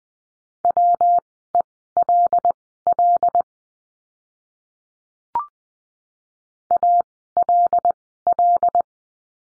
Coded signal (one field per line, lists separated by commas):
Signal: Morse code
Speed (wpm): 20 wpm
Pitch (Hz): 700 Hz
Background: none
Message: WELL ALL